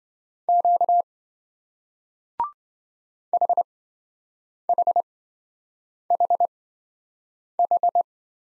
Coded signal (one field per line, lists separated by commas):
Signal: Morse code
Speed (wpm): 27 wpm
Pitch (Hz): 700 Hz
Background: none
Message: Q HHHH